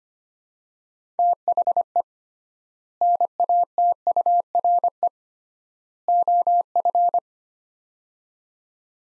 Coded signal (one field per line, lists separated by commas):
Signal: Morse code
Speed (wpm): 25 wpm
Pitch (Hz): 700 Hz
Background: none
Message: THE NATURE OF